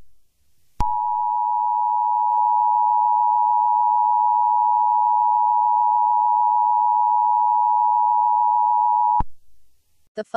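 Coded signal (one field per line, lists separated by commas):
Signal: Emergency Alert System (SAME) tones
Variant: 853 and 960 Hz attention tone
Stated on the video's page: Fictional EAS scenario about the moon colliding with Earth.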